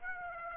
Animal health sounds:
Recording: mosquito wingbeat signal from an infrared sensor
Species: Aedes aegypti

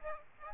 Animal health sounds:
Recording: mosquito wingbeat signal from an infrared sensor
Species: Aedes aegypti

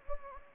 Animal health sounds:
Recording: mosquito wingbeat signal from an infrared sensor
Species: Anopheles gambiae

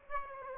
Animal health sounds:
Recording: mosquito wingbeat signal from an infrared sensor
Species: Aedes aegypti

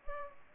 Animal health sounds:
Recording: mosquito wingbeat signal from an infrared sensor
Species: Culex pipiens

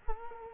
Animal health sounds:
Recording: mosquito wingbeat signal from an infrared sensor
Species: Culex quinquefasciatus

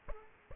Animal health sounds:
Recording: mosquito wingbeat signal from an infrared sensor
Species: Aedes aegypti

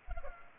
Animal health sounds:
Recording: mosquito wingbeat signal from an infrared sensor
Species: Culex pipiens

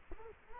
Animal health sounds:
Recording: mosquito wingbeat signal from an infrared sensor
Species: Culex quinquefasciatus

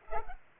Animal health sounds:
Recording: mosquito wingbeat signal from an infrared sensor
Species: Culex pipiens

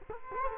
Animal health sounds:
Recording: mosquito wingbeat signal from an infrared sensor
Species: Culex quinquefasciatus

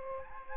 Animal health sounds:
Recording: mosquito wingbeat signal from an infrared sensor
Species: Aedes aegypti

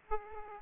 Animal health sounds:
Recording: mosquito wingbeat signal from an infrared sensor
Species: Aedes aegypti

